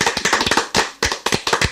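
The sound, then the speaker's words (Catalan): Thin, scattered applause from about four people, a few sharp, uneven hand claps overlapping loosely with gaps between bursts, fairly loud, sounding hollow with an echo, and with no voices. “Quatre barbos aplaudint.”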